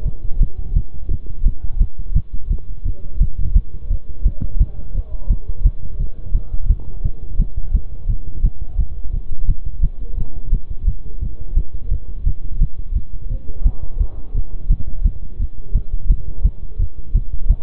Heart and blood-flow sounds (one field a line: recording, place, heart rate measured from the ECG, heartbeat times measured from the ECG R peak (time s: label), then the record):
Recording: heart sounds by stethoscope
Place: between the tricuspid and mitral areas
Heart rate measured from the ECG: 172 bpm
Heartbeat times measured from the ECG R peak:
0.06 s: heartbeat
0.41 s: heartbeat
0.76 s: heartbeat
1.11 s: heartbeat
1.46 s: heartbeat
1.81 s: heartbeat
2.16 s: heartbeat
2.50 s: heartbeat
2.86 s: heartbeat
3.21 s: heartbeat
3.56 s: heartbeat
3.90 s: heartbeat
4.26 s: heartbeat
4.61 s: heartbeat
4.95 s: heartbeat
5.30 s: heartbeat
5.65 s: heartbeat
6.00 s: heartbeat
6.35 s: heartbeat
6.70 s: heartbeat
7.05 s: heartbeat
7.40 s: heartbeat
7.74 s: heartbeat
8.09 s: heartbeat
8.44 s: heartbeat
8.79 s: heartbeat
9.14 s: heartbeat
9.49 s: heartbeat
9.83 s: heartbeat
10.18 s: heartbeat
10.53 s: heartbeat
10.88 s: heartbeat
11.22 s: heartbeat
11.57 s: heartbeat
11.91 s: heartbeat
12.27 s: heartbeat
12.61 s: heartbeat
12.96 s: heartbeat
13.31 s: heartbeat
13.66 s: heartbeat
14.00 s: heartbeat
14.35 s: heartbeat
14.71 s: heartbeat
15.05 s: heartbeat
15.40 s: heartbeat
15.75 s: heartbeat
16.10 s: heartbeat
16.45 s: heartbeat
16.79 s: heartbeat
17.15 s: heartbeat
17.50 s: heartbeat
From the record:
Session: bicycle stress test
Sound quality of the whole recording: good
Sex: male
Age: 23 years